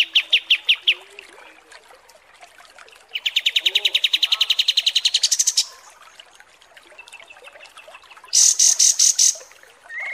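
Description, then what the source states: Bulbul song: a short series of chirps, then a long rapid trill rising slightly in pitch, a quiet gap, then a burst of sharp high notes. Masteran (song tutoring) recording of the kapas tembak style.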